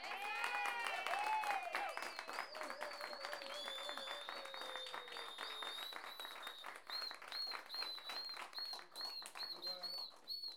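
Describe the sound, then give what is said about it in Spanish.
A crowd claps steadily and loudly for about ten seconds to give thanks, with shrill whistles and scattered voices cheering over the dense, even patter of hands. “Dar las gracias y vamos a aplaudir como que fuera un teatro así grande.”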